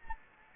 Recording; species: mosquito wingbeat signal from an infrared sensor; Anopheles gambiae